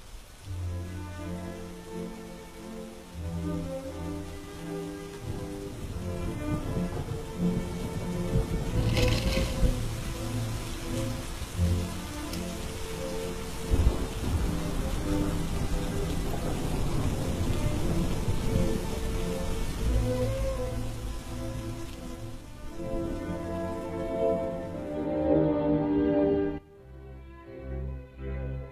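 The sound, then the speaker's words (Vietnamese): Steady rain hisses and patters without a break, layered over a sustained low tonal hum, then thins out abruptly in the final few seconds. “Ánh mắt của anh cứ run run qua màn mưa, nhìn vào cửa bếp tối om om.”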